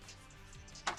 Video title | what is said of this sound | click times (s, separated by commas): RYOBI 18 Inch Electric Chainsaw - RY40508 (REVIEW & TEST) | slides in just like that you'll hear the click no oil has leaked out that's pretty cool | 0.9 s